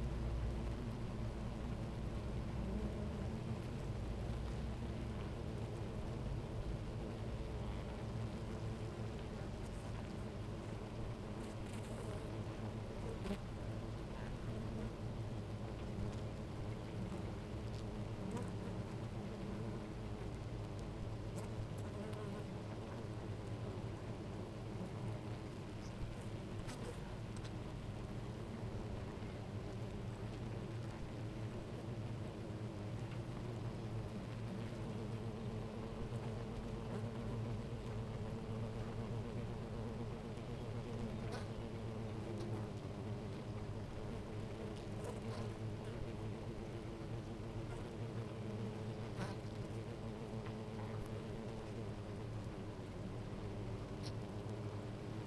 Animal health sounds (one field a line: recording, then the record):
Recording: honeybee colony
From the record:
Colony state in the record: active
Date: 28 July 2017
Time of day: 10:31